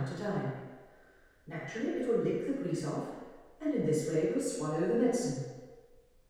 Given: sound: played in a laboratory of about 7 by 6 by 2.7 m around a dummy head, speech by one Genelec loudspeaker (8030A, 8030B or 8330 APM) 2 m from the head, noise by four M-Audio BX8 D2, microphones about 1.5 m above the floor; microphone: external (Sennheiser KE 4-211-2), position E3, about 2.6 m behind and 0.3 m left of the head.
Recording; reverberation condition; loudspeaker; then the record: female speech in English; high; in front (0 degrees)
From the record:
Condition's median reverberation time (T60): about 1300 ms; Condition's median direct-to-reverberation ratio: about -4.0 dB